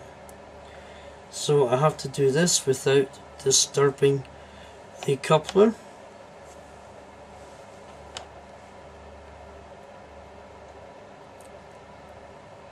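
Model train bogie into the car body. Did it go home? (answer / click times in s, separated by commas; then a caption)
yes / 8.2 s. A model train bogie is refitted into the underside of a three-car Class 101 DMU model car, worked around the coupler without disturbing it, while someone talks over a low steady hum. After the talking stops, the bogie snaps into its mounting in the car body with one sharp click at 8.2 s, and it is seated.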